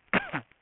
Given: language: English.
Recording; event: throat vibration sensor signal played as sound; cough